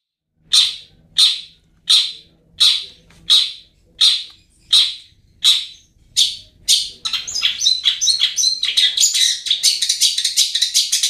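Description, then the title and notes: Long-tailed shrike giving loud harsh rasping notes about every 0.7 seconds, then breaking into rapid scratchy chattering. Recording used to train caged birds. "Masteran Burung Cendet"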